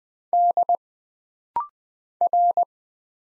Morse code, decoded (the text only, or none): D R